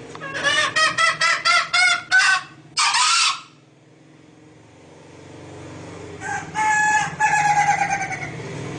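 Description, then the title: Green junglefowl making a rapid series of harsh clucks and a longer squawk, then a pause, then more cackling notes. Female. "Suara Ayam Hutan Betina. suara ayam hutan hijau"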